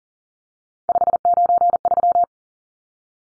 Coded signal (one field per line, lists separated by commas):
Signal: Morse code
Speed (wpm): 40 wpm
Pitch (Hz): 700 Hz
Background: none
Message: 593